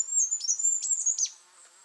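Goldcrest giving a very high, thin run of sibilant notes with brief downward flicks, ending after about a second.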